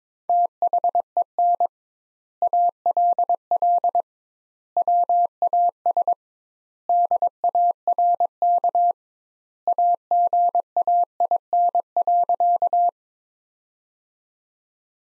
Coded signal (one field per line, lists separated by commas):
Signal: Morse code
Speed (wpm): 22 wpm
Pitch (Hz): 700 Hz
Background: none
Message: THEN ALL WAS DARK AGAIN.